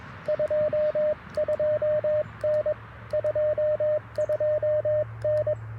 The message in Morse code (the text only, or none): 22N 22N